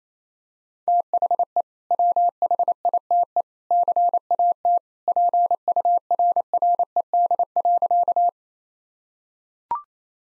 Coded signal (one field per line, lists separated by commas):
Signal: Morse code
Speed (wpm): 28 wpm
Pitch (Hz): 700 Hz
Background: none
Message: THE WHITE CAT PURRED.